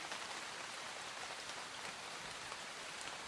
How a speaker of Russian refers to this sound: С неба, затянутого тучами, лил дождь.